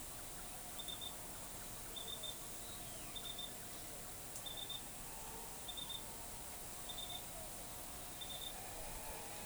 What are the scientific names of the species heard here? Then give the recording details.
none. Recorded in forest near Pivijay, Magdalena, Colombia, on 16 April 2023 at 16:00. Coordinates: 10.467, -74.380. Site Z5-G034